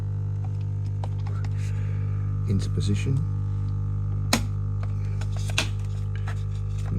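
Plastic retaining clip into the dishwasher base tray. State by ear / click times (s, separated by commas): seated / 4.3 s, 5.6 s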